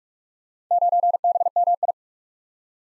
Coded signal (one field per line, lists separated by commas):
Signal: Morse code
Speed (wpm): 44 wpm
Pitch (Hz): 700 Hz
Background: none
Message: 9BMI